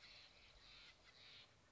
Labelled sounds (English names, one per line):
Steller's Jay